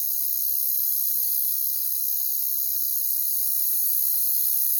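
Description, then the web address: Cricket chorus: a steady, shrill, high-pitched ringing trill with no pauses, holding even loudness throughout. "Nature Songs Nature Sounds Sounds of Nature Collection Crickets"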